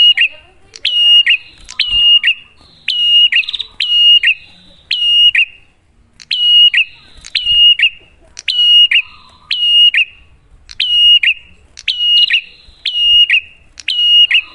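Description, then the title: Prinia song, a long run of bright, piercing notes, each a sharp click-like start and a short ringing whistle, repeated at a brisk, even pace. Duet of Cililin and Kapas Tembak; prinia lure song described as clear-voiced and energetic (gacor). "Masteran Duet Cililin Vs Kapas Tembak. Pancingan Prenjak Gacor Suara Jernih"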